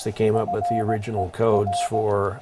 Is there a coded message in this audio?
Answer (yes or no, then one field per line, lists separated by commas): yes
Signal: Morse code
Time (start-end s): 0.4-2.0 s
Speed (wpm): 17 wpm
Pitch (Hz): 700 Hz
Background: speech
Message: FER